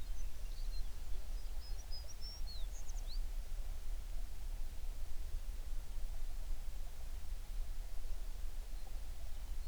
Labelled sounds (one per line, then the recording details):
songbird
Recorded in the Prudhoe Bay oil fields, Alaska, on 11 June 2019 at 04:31
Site 21